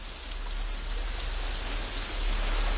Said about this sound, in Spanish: Un ruido me despertó. Eran unos ensordecedores truenos y la lluvia golpeando con violencia los cristales de la habitación.